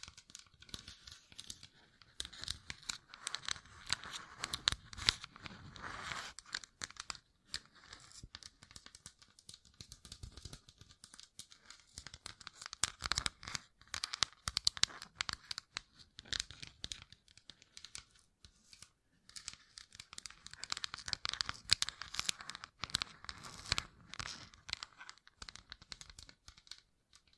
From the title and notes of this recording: ASMR Gem Covered Fingertips Tapping and Scratching (No Talking).